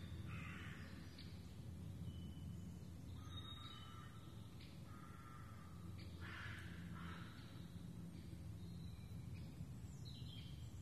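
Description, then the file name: Ravens utter coarse, grating caws, a burst at the start and a louder pair later, over steady low background rumble. Ravens, more than one, in the Forêt de Rambouillet, recorded 24 May 2015. "Ravens in Foret de Rambouillet"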